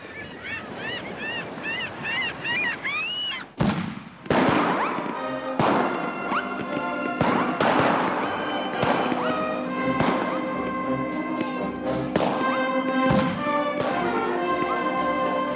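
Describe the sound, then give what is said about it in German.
A blue boat explodes at sunset with a sudden loud blast after a few seconds of shrill, looping bird-like cries, followed by several more bangs over a steady, honking tonal drone. “Mit einem Mal explodierte das Boot.”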